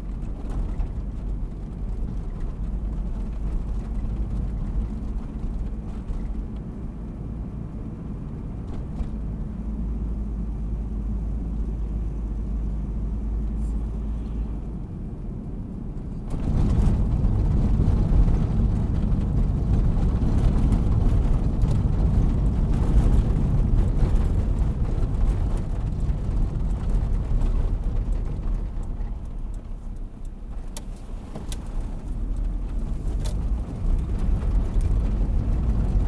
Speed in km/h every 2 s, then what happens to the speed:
34, 35, 37, 39, 39, 36, 37, 37, 38, 39, 39, 31, 23, 18, 9, 9, 15, 22.
0-20 steady at about 37. 20-28 brakes to 9. 28-36 speeds up to 22.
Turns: 27-31.